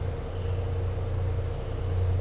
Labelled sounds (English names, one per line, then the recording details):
none
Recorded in dense forest near Puerto Asís, Putumayo, Colombia, on 13 March 2025 at 14:00
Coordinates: 0.468, -76.322
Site GP01